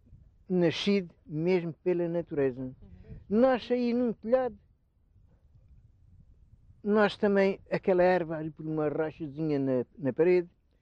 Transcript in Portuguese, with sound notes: nascido mesmo pela natureza. Nasce aí num telhado, [pausa] nasce também aquela erva ali por uma rachazinha na na parede,